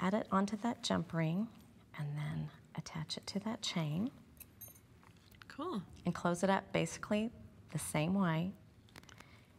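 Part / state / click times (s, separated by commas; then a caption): wire jump ring closing onto a chain link / seated / 9.0 s. Someone talks while two pliers twist a metal wire jump ring closed on a wire bead component, attaching it to a chain link. Faint small metallic ticks come through the speech, and a little click at 9.0 s signals that the cut ends have met and the ring is fully closed.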